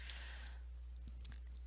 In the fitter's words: as well as when you put it on it clicks into place so that